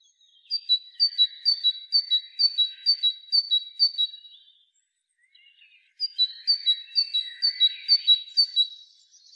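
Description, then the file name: Great tit song, a ringing high-low whistled couplet repeated about eight times, then silence, then a second run of couplets. "Parus major"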